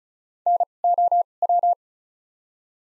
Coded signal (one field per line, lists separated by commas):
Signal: Morse code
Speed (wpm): 34 wpm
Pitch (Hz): 700 Hz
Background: none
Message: N O W